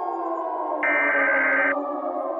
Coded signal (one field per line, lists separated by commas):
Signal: Emergency Alert System (SAME) tones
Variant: header bursts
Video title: EAS Scenario: Mikey the Meanie Monster